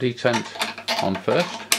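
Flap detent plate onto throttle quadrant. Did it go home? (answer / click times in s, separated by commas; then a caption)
no / none. A QR4rigs flap detent plate is handled and fitted toward the lever slot of a Honeycomb Bravo throttle quadrant while someone talks. Light plastic handling noises mix with the voice. Nothing has seated or clicked yet.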